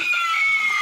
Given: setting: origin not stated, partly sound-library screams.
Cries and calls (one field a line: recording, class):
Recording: one-second piece from a danger detection set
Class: woman in danger